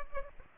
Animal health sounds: mosquito wingbeat signal from an infrared sensor; Culex pipiens

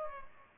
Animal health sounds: mosquito wingbeat signal from an infrared sensor; Culex pipiens

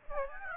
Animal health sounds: mosquito wingbeat signal from an infrared sensor; Aedes aegypti

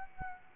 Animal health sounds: mosquito wingbeat signal from an infrared sensor; Aedes aegypti

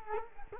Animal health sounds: mosquito wingbeat signal from an infrared sensor; Culex quinquefasciatus

